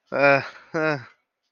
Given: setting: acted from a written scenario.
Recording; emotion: vocal sound without words; embarrassment